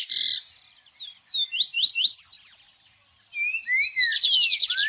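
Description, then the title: Birds giving clear whistled notes, some slurred up and down, in a varied phrase; after a short silence, more whistles and a rapid trill. Birds singing at dawn. "Pássaros Cantando No Amanhecer"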